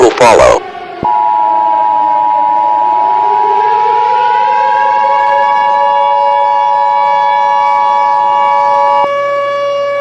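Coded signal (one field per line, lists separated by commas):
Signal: Emergency Alert System (SAME) tones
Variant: 853 and 960 Hz attention tone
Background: speech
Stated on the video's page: Fictional EAS scenario with SAME tones about World War III, with sudden extremely loud noises.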